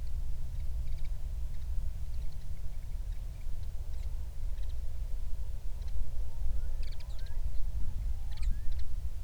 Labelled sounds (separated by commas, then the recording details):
songbird, loon, wind
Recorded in the Prudhoe Bay oil fields, Alaska, on 31 July 2019 at 08:18
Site 24